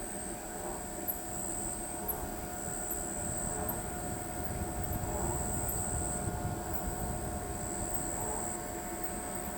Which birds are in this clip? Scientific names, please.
none